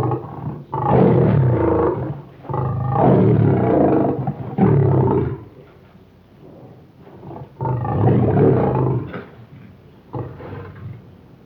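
Lion giving a series of harsh, rumbling growls in bursts of one to two seconds, separated by short quieter breaths.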